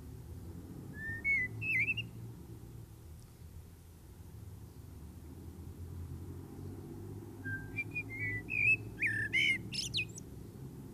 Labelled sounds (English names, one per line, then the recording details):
Common Blackbird song
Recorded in the wild
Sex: male
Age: adult
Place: DE
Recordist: Tretzel, Erwin